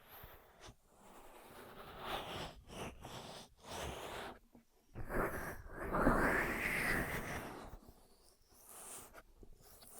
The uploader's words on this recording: ASMR 10 Ear Massages for Sleep (No Talking).